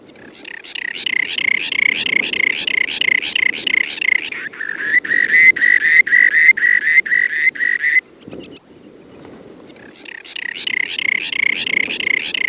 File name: rock sandpiper